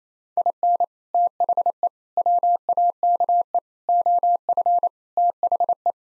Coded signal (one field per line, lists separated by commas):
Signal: Morse code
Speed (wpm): 27 wpm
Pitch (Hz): 700 Hz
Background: none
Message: IN THE WAKE OF THE